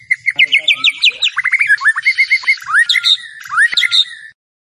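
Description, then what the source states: White-rumped shama song: rapid series of sharp repeated chirps and short slurred whistles, varied and continuous for about four seconds, then stopping. Masteran training song intended for champion birds.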